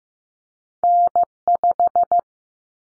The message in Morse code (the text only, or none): N5